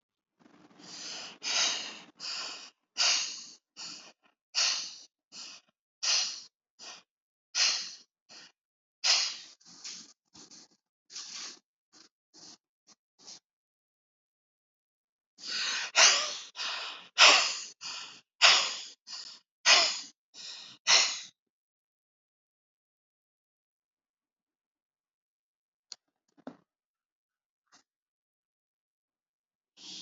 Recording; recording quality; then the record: shallow breathing; moderate, slight background noise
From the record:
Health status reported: respiratory illness, not identified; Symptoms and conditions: asthma, hypertension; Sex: male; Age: 81 years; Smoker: not ticked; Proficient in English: yes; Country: India